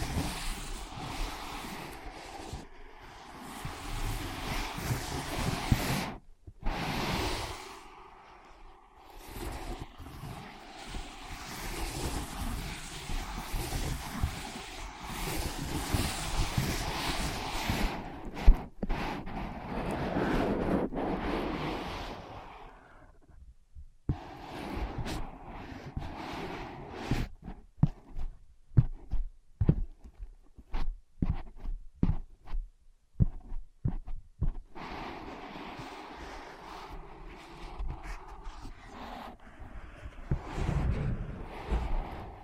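Tapping, scratching and tracing on ear pads: dense rubbing and scraping at first, then after a gap, sparse quick taps and brushing strokes.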